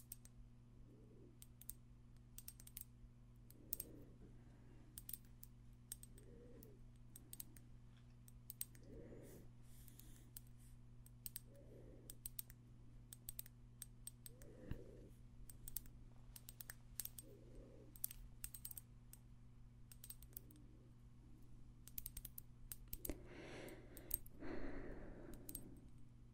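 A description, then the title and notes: Tingly tapping: crisp, bright clicks scattered across the whole clip, with softer thuds landing about every two to three seconds. A steady low hum runs underneath throughout, and the tapping grows busier and louder near the end, around 23 to 25 seconds. ASMR Extra Tingly Tapping No Talking.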